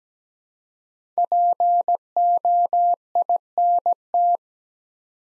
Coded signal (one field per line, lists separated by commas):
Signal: Morse code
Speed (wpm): 17 wpm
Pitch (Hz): 700 Hz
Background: none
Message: POINT